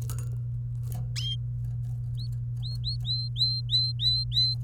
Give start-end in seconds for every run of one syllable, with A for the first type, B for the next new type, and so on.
2.19-2.27 A, 2.63-4.55 A